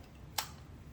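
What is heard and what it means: Someone presses the release lever on the back of a Kore Essentials belt ratchet buckle, and it gives a single sharp click at 0.4 s, releasing the buckle so the strap can slide out. The click stands out against a quiet, low background hum.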